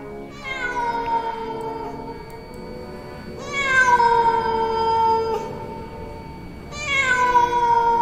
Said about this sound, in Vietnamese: Bỗng từ ngoài vọng vào cái tiếng mèo kêu vang lên não ruột trong đêm gió mưa, làm cho bà Thái bất giác nghĩ đến ma cà rồng.